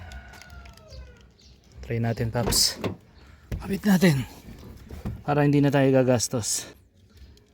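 A switch unit from a 2005 Hilux 3.0 D4D 4x4 A/T, cleaned and checked that it can be pressed, is handled before being re-attached into its door or dash trim panel. Someone talks over a few faint taps and handling noises. Nothing has seated or clicked yet.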